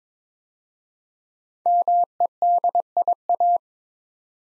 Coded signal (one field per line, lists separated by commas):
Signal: Morse code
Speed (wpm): 23 wpm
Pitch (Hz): 700 Hz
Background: none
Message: MEDIA